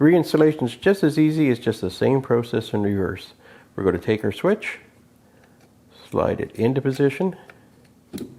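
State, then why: Not seated. Someone talks while the plastic secondary door switch (GE part WB24X829) for a GE microwave is being slid into its mount in the door latch assembly bracket, followed by a quiet stretch of faint handling. Two brief sharp ticks occur near 8.2 and 8.5 seconds. The switch has not snapped into place yet, so nothing has seated or clicked.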